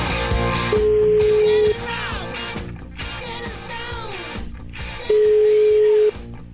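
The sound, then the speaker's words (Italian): Two long, steady telephone ringing tones from an outgoing call to a guest sound about three seconds apart, each lasting roughly a second, over busy background music. “Vediamo un po' se lo becco col telefono, che abbiamo un ospite.”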